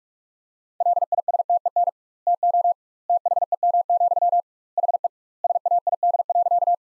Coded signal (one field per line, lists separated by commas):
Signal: Morse code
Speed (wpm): 46 wpm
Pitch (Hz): 700 Hz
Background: none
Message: LISTEN TO THEM, HE SAID.